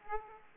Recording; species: mosquito wingbeat signal from an infrared sensor; Aedes aegypti